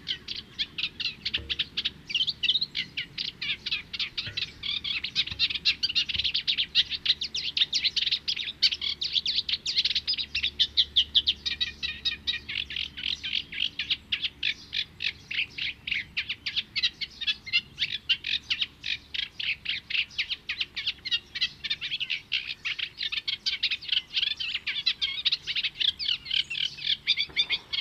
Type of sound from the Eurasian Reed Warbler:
song